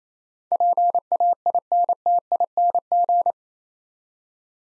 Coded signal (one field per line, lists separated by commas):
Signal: Morse code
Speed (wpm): 28 wpm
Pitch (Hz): 700 Hz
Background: none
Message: PAINTING